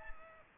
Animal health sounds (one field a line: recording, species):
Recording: mosquito wingbeat signal from an infrared sensor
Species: Aedes aegypti